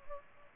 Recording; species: mosquito wingbeat signal from an infrared sensor; Culex pipiens